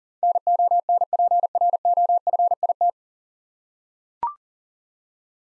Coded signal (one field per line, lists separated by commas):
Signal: Morse code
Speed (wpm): 40 wpm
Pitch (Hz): 700 Hz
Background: none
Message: NONPROFIT